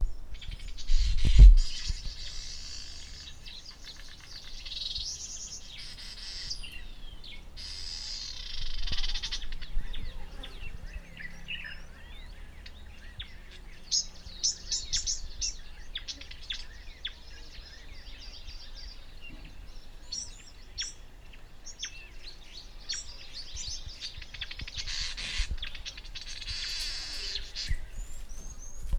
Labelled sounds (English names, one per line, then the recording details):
Vitelline Masked-Weaver
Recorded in northern Uganda